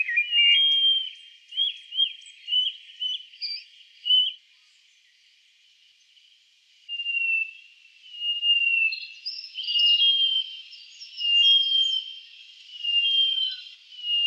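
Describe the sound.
Black-eared cuckoo: a run of shorter whistled notes, then after a short pause a series of long, clear, slightly falling whistles, repeated.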